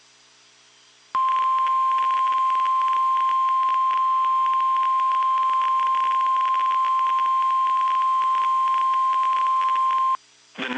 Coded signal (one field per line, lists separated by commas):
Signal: Emergency Alert System (SAME) tones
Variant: 1050 Hz attention tone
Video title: (VALID TONES) EAS Severe Thunderstorm Warning in Tennessee! (05/08/24)